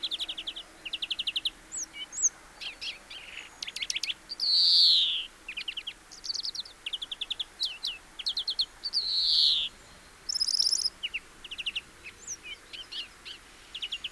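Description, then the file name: European greenfinch song of fast twittering trills and chirps, broken twice by a long nasal drawn-out wheeze, the trill bursts repeating throughout. "Chloris chloris"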